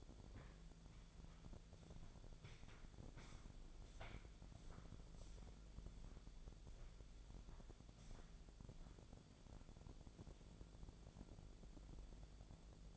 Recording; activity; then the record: daily activity, microphone in the room; walk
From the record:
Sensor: 5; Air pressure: 1008.5 hPa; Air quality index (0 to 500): 162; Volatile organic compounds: 4 ppm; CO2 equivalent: 1560 ppm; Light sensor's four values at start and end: 68/186/73/75 and 68/187/74/75